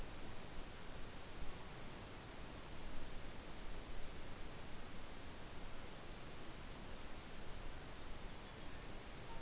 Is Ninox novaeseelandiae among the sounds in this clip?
no